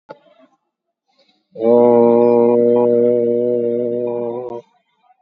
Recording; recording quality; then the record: sustained vowel as in boot; excellent, no background noise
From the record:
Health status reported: COVID-19 positive, moderate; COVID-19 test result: positive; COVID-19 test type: RT-PCR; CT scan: taken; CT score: 15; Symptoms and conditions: cough, cold, fever, muscle pain, loss of smell and taste, diarrhoea, another condition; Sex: male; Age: 55 years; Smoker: no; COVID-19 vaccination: none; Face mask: worn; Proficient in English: yes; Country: India